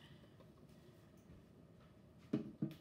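The plastic juicing bowl assembly of an Orfeld masticating slow juicer is fitted onto its motor base, and it goes in easily. After a quiet stretch of low background noise, a short, sharp click at 2.3 s marks it locking into place, followed by two softer knocks around 2.6 and 2.7 s. The bowl assembly is seated on the base.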